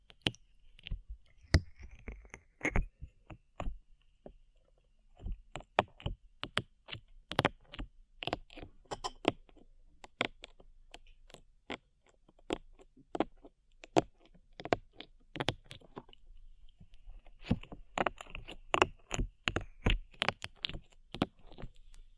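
Sticky slime being squished and pulled, making a rapid series of sharp wet clicks and pops that run through the whole clip. The snaps come in dense, irregular bursts with brief pauses around five, ten and seventeen seconds, over a faint steady hiss.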